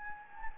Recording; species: mosquito wingbeat signal from an infrared sensor; Anopheles gambiae